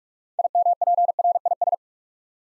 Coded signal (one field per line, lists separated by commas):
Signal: Morse code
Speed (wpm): 44 wpm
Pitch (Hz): 700 Hz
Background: none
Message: IMPRIS